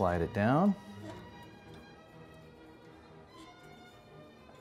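A plastic rack adjuster from a Whirlpool dishwasher rack adjustment replacement kit is being slid down onto the dishwasher's upper rack. Someone talks briefly at the start, followed by a quiet stretch of low, steady tonal background sound with no sharp hits. Nothing has seated or clicked yet.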